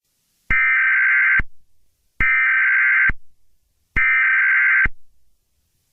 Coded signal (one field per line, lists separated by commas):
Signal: Emergency Alert System (SAME) tones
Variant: header bursts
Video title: GAINESVILLE - A tornado EAS Scenario